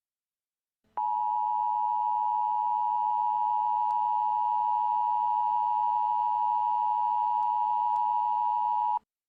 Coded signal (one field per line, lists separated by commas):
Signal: Emergency Alert System (SAME) tones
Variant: 853 and 960 Hz attention tone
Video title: EAS Severe Thunderstorm Warning